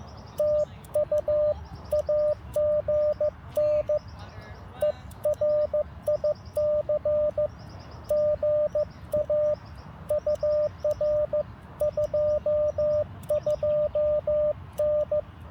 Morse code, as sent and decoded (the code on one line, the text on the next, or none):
- ..- / .- --. -. / . .-. .. -.-. / --. .- / ..- .-. / ..--- ..--- -.
TU AGN ERIC GA UR 22N